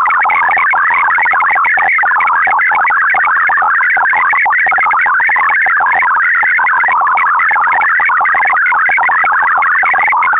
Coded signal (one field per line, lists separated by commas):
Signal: multi-tone FSK (Olivia or MFSK type)